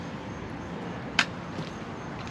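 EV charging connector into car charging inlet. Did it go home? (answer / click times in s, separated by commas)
yes / 1.2 s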